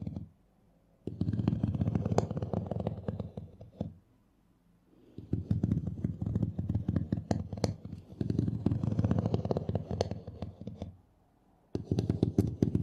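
Candle wax is scraped off in dense, gritty bursts of scratching, each stroke made of rapid crackly ticks over a low rough grind. Strokes run in long stretches of a few seconds, separated by brief silent pauses near 0, 4–5 and 11 seconds.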